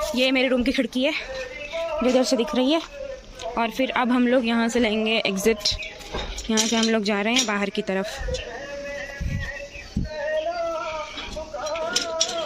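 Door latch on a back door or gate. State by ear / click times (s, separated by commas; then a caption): seated / 12.0 s, 12.2 s. Someone talks while heading out toward the back of the house, then closes and locks a door latch on a back door or gate, giving two sharp metallic clicks at 12.0 s and 12.2 s. The latch locks so nobody can come in.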